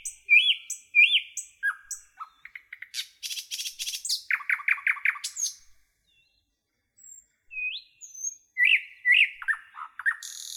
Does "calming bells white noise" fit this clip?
no